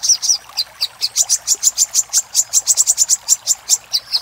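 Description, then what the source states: Little spiderhunter giving a fast, nearly unbroken series of high, clipped chip notes. Master recording made for training caged birds; Indonesian name Sogok Ontong, labelled Labaik.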